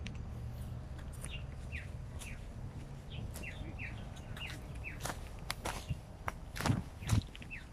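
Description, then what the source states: White-browed laughingthrush giving brief chip notes in scattered bursts, with low background rumble and a few sharp thumps near the end. Recorded on 19 October 2019.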